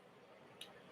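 Someone opens the blade of a small, slim, lightweight metal Olight box cutter, which has a bottle opener on the front. A single faint, sharp tick at 0.6 s over a steady low background hiss marks the blade locking in the open position.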